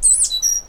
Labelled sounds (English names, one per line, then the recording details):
Stitchbird song
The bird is a male
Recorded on Tiritiri Matangi Island, New Zealand, in 2005
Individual 8, of nest box 10